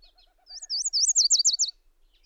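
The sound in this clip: Bird song: a quick run of high, swooping notes that rise and fall, with soft, low, evenly repeated notes underneath.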